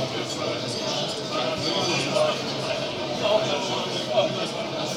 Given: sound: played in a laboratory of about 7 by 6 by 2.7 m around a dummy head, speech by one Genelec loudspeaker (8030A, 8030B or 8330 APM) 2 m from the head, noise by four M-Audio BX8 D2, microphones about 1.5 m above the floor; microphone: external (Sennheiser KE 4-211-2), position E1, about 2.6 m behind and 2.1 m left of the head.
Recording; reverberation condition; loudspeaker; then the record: cafeteria noise; medium; four, about 170 cm from the corners of the room and facing them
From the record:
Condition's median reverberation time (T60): about 510 ms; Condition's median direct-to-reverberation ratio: about -0.5 dB